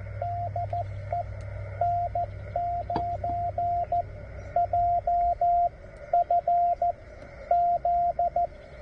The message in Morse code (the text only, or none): DE N9JFZ